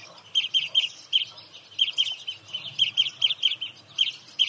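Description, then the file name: European greenfinch giving quick trilled chirps in short runs, several bursts following each other closely with a soft low background hum. "Chloris chloris"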